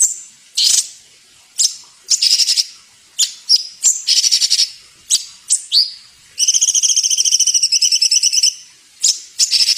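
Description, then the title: Bird song mixing sharp high chirps and scratchy notes, then a long, fast, even trill lasting about two seconds before more chirps. Masteran recording, used for training songbirds. "Suara masteran Burung"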